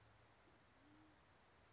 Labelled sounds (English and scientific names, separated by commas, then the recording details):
Band-tailed Pigeon (Patagioenas fasciata)
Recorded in Sonoma County, California